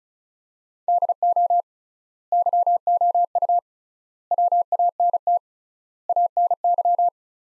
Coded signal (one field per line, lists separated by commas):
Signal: Morse code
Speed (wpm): 34 wpm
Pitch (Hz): 700 Hz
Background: none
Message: DO YOU WANT ANY